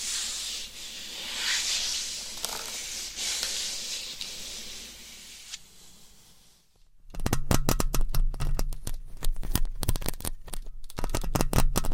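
Nails scratch a mic cover in a soft, airy hiss for seven seconds, then switch to rapid, dense, crackly scratching strokes until the end.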